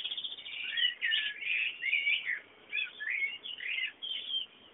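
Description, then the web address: Bird song, a continuous stream of warbled, twittering chirps with brief pauses between phrases. Bird sounds meant as background ambience. "sounds fondo pajaros"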